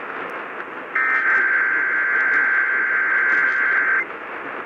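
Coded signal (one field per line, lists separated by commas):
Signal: Emergency Alert System (SAME) tones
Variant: header bursts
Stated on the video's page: Kentucky Amber Alert broadcast on AM radio at 840 kHz.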